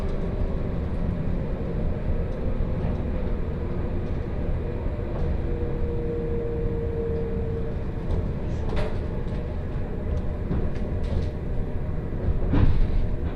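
A train rumbles steadily along the Kosei Line, with a faint whining tone midway and sharp clicks and rattles near the end.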